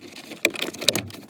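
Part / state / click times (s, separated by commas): plastic steering column trim cover onto the column / seated / 0.9 s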